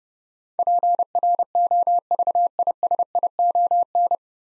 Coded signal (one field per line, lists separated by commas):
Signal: Morse code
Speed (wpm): 31 wpm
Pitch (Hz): 700 Hz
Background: none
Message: PROVISION